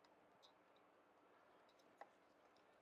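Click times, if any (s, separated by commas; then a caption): 2.0 s. A mechanic uses a tool to close the metal quick link on a waxed bicycle chain of a 2010 Specialized Roubaix Expert road bike. Over a low background hiss, a faint tick comes at about 0.5 s, then a single sharp click at 2.0 s as the link snaps shut. The quick link is seated in the chain.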